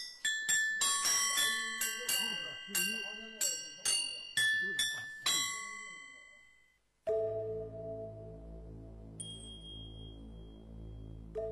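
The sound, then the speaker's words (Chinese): Small tuned gongs of a yunluo (Chinese cloud gong) set, shown among the instruments of the Baimiao Village music association, are struck about ten times at shifting pitches, each bright metallic ping ringing and fading, with a voice murmuring underneath before a sustained low tone takes over. “这是笛子，这叫云锣。”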